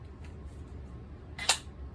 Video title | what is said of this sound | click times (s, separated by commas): Whats better buttstock or under handle hpa - chicago less lethal | All right. You heard the click. | 1.5 s